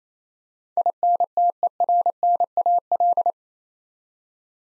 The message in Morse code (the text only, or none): INTERNAL